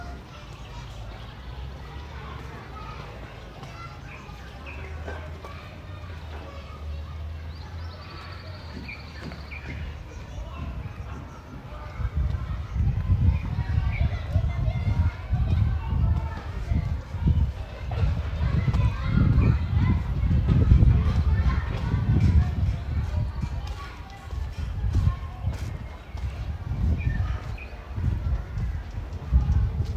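A walk around Ramat Aviv near Tel Aviv University, with voices and chatter running throughout. The first ten seconds hold a low steady hum and a brief high whine; from about twelve seconds a louder, dense rumble with frequent thumps takes over.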